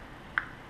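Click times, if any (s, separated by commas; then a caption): 0.4 s. The rubberized port cover on a NewTrent NT120R rugged power bank is pressed into place and clicks shut at 0.4 s, a single sharp click over a quiet, steady background. The cover is seated.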